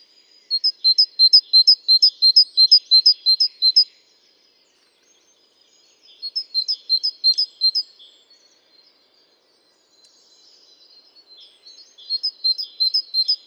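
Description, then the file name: Great tit giving high two-note phrases, rapidly repeated about three per second, in three separate bursts divided by short silences. "Parus major"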